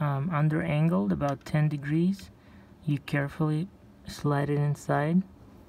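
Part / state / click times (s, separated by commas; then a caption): M.2 NVMe SSD into motherboard M.2 slot / not seated / none. An M.2 NVMe SSD is slid into a motherboard M.2 slot at an angle of about ten degrees while someone talks. The drive is still being handled, and nothing has seated or clicked into the slot yet.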